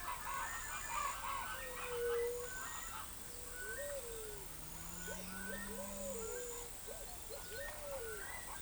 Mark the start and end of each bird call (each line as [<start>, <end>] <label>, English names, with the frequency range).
[0.00, 8.62] Chestnut-winged Chachalaca (0.3-3.8 kHz)
[1.44, 2.58] White-tipped Dove (0.3-0.6 kHz)
[3.49, 8.36] Pale-vented Pigeon (0.3-0.7 kHz)